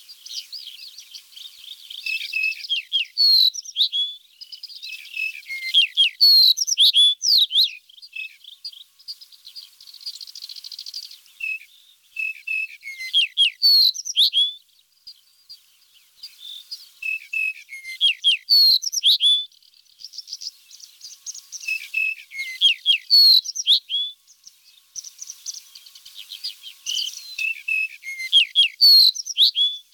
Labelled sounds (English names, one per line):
Yellow-breasted Bunting song